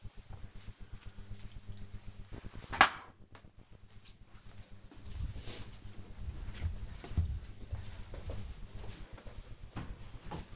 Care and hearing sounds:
household activities, microphone on the right wrist
none

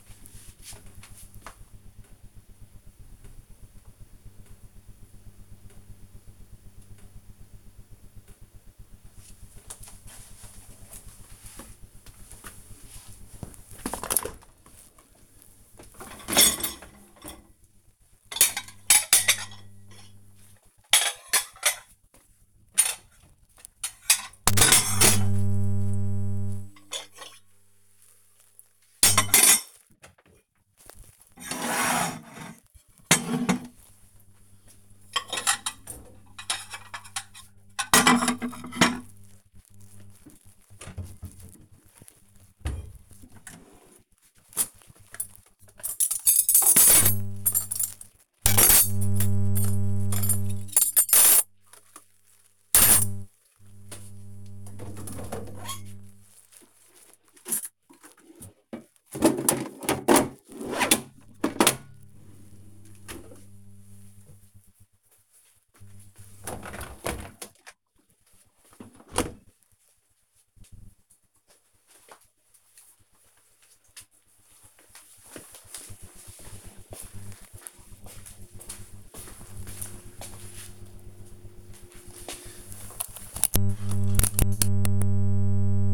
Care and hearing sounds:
household activities, microphone on the right wrist
10.71-69.18 s: cleaning out the dishwasher
82.28-85.94 s: vacuum cleaning

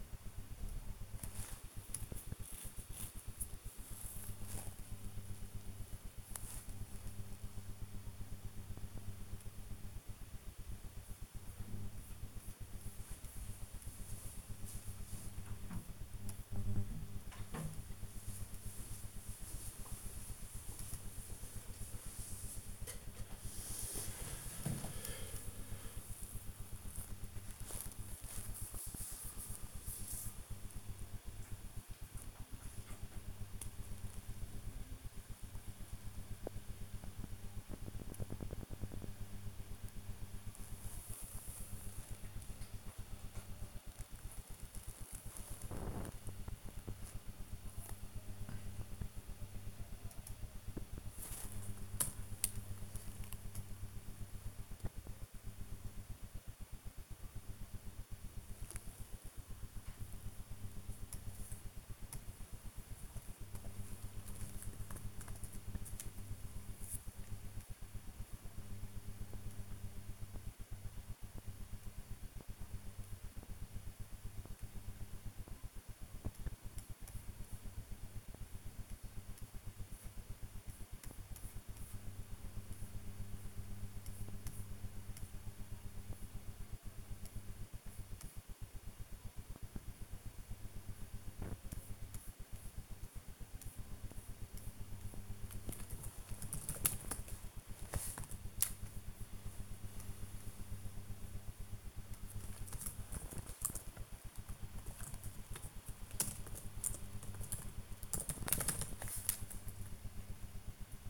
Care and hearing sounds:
household activities, microphone on the right wrist
0.00-111.10 s: working on the computer

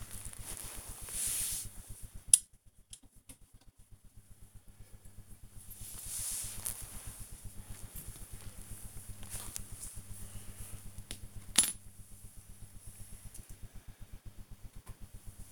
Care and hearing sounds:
household activities, microphone on the right wrist
0.00-10.59 s: dusting model cars

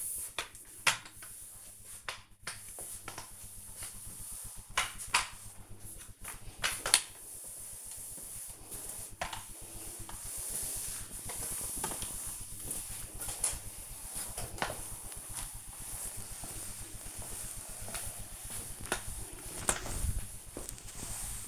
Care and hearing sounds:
household activities, microphone on the right wrist
0.00-21.48 s: floor cleaning

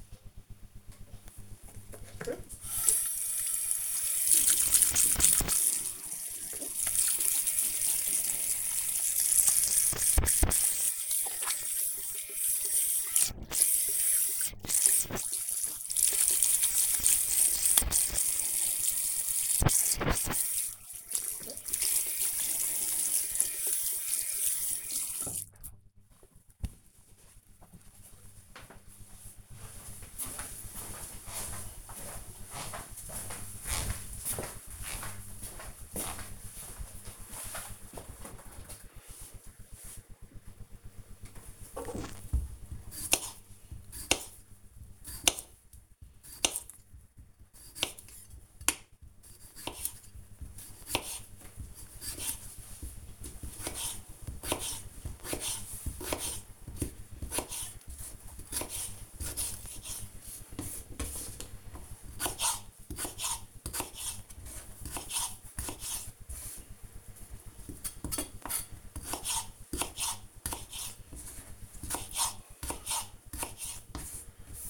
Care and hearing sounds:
household activities, microphone on the right wrist
0.49-25.66 s: washing hands
40.75-74.70 s: cutting vegetables

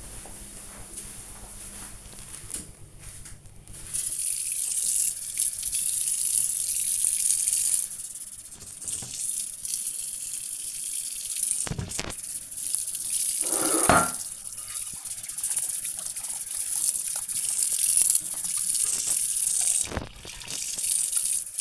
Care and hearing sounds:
household activities, microphone on the right wrist
4.17-21.61 s: washing dishes

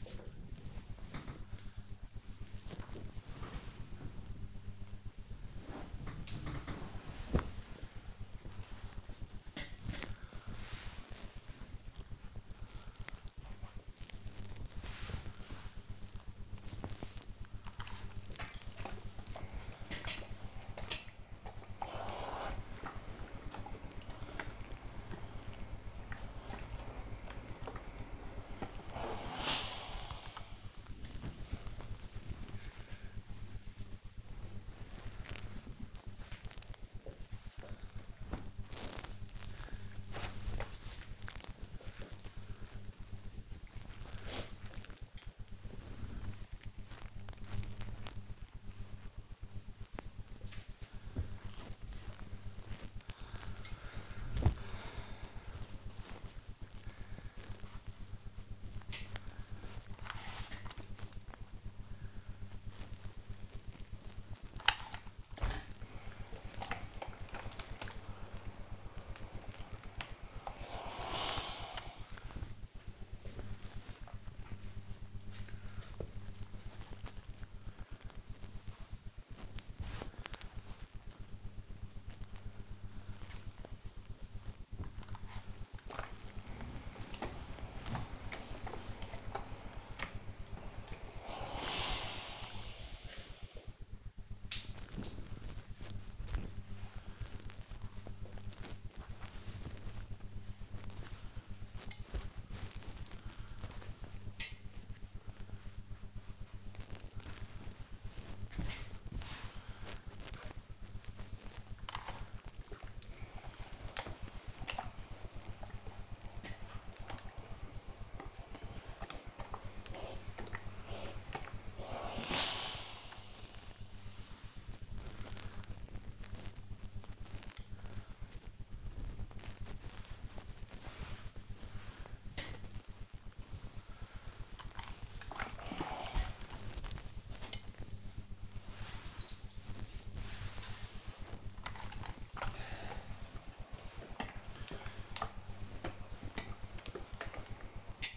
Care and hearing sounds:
household activities, microphone on the right wrist
0.00-37.87 s: ironing laundry
79.10-148.17 s: ironing laundry

